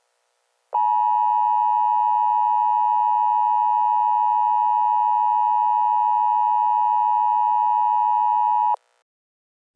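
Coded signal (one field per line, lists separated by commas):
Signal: Emergency Alert System (SAME) tones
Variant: 853 and 960 Hz attention tone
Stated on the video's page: Fictional EAS scenario in a short analog horror film.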